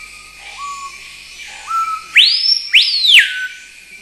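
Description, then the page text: Screaming piha calling: a few quiet, low upslurred notes lead to two loud, ringing whistles that shoot up and arc down. "Screaming Piha From British Library - wildlife sounds"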